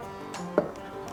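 An LED bulb's plastic socket, part of a rear license plate bumper LED upgrade kit on a 2016-2020 Toyota Tacoma TRD Off-Road, is pushed back into the rear license plate lamp housing and turned clockwise until it locks. A short, sharp click sounds at 0.6 s over music playing in the background. The socket twists home and is seated.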